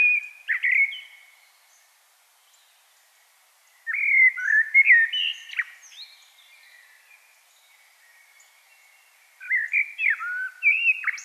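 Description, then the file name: Common blackbird delivering three separate phrases of mellow whistled warbling, with pauses between. "Turdus merula"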